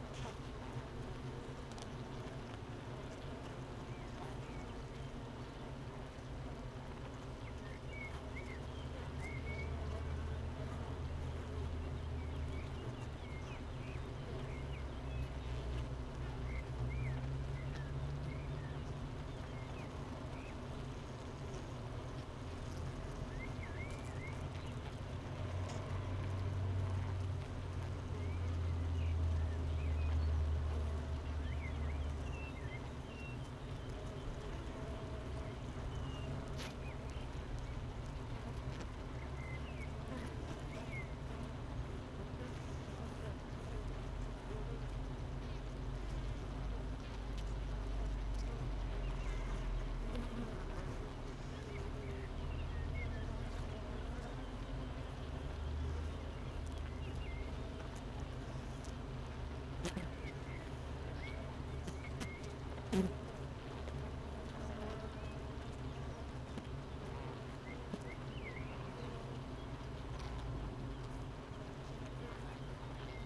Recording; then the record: honeybee colony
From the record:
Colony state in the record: missing queen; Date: 31 May 2018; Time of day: 8:31